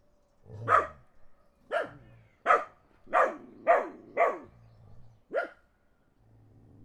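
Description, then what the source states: Dog barking repeatedly, seven sharp barks roughly every half second to second, with a low rumbling motor sound between them. Dogs barking in the countryside as a car passes.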